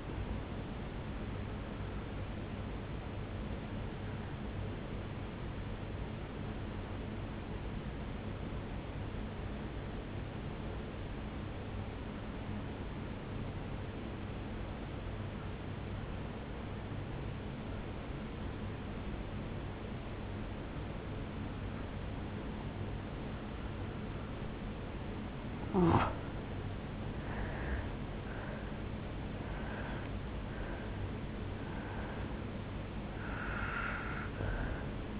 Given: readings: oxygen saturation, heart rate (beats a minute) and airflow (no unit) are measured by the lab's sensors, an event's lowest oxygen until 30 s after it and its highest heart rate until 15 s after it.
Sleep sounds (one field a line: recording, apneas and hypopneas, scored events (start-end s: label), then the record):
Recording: breathing in sleep by a voice recorder at the bedside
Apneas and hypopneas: 1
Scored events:
3.00-26.00 s: hypopnea (N2, oxygen 94% highest, then 86% lowest, heart rate 72 at the start, 79 highest)
From the record:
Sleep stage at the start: N2 (light sleep)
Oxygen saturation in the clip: 87 to 94%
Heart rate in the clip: 63 to 79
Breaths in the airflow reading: 6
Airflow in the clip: -10.5 to 5.5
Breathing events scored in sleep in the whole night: 449 in 7.0 hours asleep